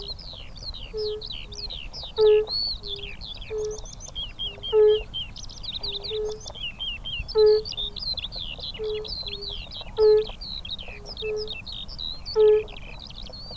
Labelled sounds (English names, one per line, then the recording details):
Fire-Bellied Toad call
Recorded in the wild
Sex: male
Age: adult
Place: Falkenberger Rieselfelder, Barnim, Berlin, DE
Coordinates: 52.5839, 13.5542
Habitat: pond
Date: 1991-04-28 12:42
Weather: leicht diesig; Wasser: 16°C. Luft: 19°C
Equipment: Uher 4000 Report Monitor, Sennheiser ME 80, K 30 AV, Original, Windschutz
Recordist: Frommolt, Karl-Heinz